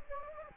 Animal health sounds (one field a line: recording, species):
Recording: mosquito wingbeat signal from an infrared sensor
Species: Anopheles gambiae